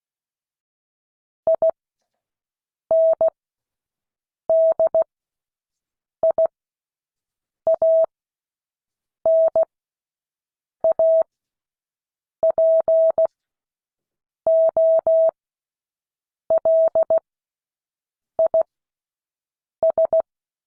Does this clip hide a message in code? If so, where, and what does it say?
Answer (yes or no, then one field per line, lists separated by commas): yes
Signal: Morse code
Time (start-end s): 1.5-20.2 s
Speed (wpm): 16 wpm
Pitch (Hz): 650 Hz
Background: none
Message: INDIANAPOLIS